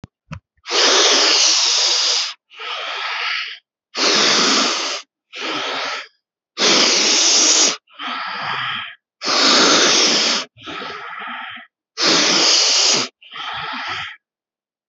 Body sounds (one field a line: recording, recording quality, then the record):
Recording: deep breathing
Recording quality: excellent, no background noise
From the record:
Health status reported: healthy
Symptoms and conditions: hypertension, diabetes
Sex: male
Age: 57 years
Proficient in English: yes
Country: India